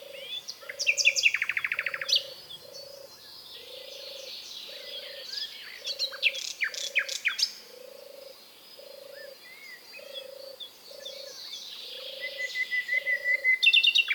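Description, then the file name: Common nightingale phrases with fast rattling bursts and sharp notes, over a low, regularly pulsing croak. "British Library - European Nightingale(Luscinia megarhynchos)"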